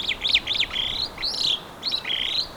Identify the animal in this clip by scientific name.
Lamprotornis superbus